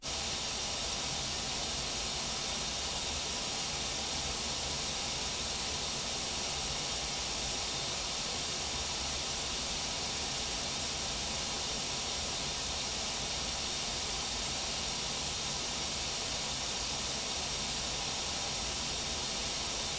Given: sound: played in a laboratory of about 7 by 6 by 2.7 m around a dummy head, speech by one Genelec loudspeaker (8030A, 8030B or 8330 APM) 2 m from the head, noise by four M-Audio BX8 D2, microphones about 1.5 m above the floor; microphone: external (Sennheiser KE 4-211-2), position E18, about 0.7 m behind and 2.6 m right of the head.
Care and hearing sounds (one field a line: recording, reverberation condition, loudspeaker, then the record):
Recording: white noise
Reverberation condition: low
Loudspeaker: four, about 170 cm from the corners of the room and facing them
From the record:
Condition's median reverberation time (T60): about 310 ms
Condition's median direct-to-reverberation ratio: about 3.5 dB